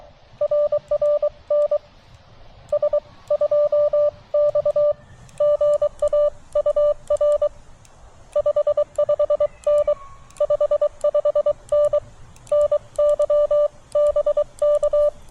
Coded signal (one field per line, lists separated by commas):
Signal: Morse code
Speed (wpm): 22 wpm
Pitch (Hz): 590 Hz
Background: none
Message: RR NS2X GA UR 55N 55N NY BK